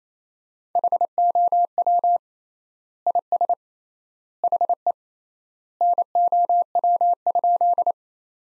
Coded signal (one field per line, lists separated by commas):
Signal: Morse code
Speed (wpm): 28 wpm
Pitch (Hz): 700 Hz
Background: none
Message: HOW IS HE NOW?